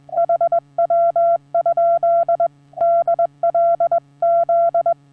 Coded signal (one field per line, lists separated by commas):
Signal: Morse code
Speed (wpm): 20 wpm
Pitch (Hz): 680 Hz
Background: none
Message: HW? DLZ